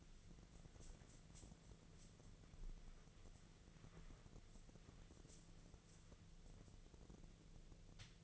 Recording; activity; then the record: daily activity, microphone in the room; wipe stove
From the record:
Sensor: 4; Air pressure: 1001.3 hPa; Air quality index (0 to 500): 185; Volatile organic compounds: 3 ppm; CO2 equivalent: 1320 ppm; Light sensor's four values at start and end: 14/32/13/14 and 14/32/13/14